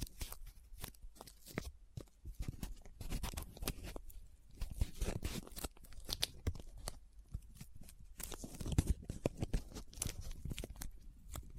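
Paper is folded, rubbed and crinkled in dense, irregular bursts of crisp crackles and scratches, with brief pauses, continuing throughout.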